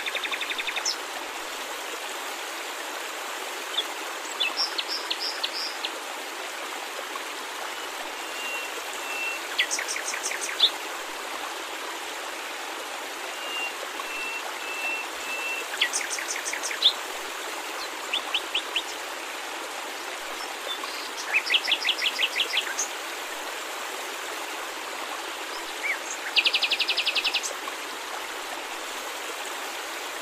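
Falling water makes a steady, dense rush that fills the whole clip without letup. Over it, birds chirp in short bright bursts and trills every few seconds, clearest around 4, 10, 16, 22 and 26 seconds.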